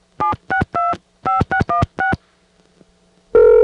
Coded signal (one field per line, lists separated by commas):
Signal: DTMF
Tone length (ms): 140 ms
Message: 7625616